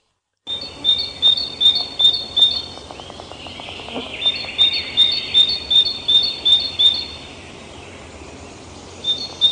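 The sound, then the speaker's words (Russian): Tits calling: quick runs of high, thin repeated notes come in two rhythmic bursts, with a softer buzzy trill between them and one more call at the end. “Синицы.”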